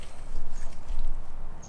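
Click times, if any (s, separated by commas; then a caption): none. A rubber seal is handled at the bore of a rebuilt Brembo brake caliper from an Evo 9, about to be pressed into its groove. A steady low rumble with soft rustling and faint scraping runs throughout, with no sharp transients, fading slightly at the end. Nothing has seated or clicked yet.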